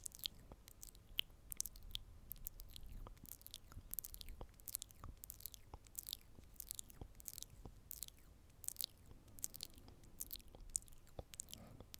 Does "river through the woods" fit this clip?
no